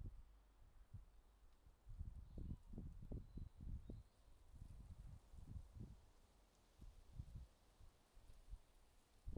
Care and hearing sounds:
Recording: everyday scene through a hearing-aid microphone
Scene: wind on the microphone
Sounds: wind, traffic, birds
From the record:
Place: suburban garden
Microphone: in the ear canal, left

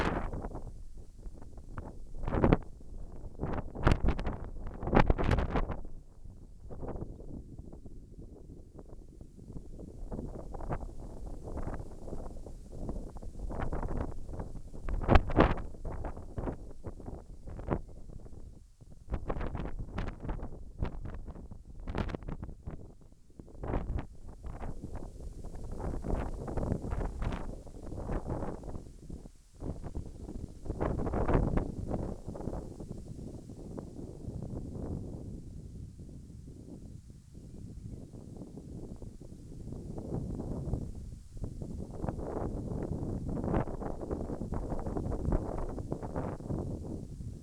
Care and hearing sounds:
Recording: everyday scene through a hearing-aid microphone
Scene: wind on the microphone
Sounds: squally wind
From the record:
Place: in front of a rural house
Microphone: behind the ear, left, front

